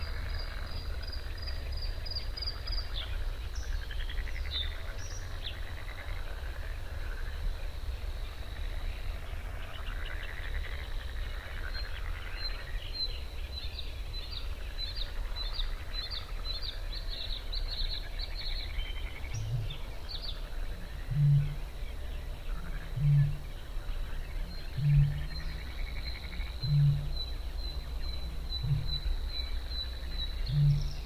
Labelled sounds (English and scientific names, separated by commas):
Bluethroat (Luscinia svecica) song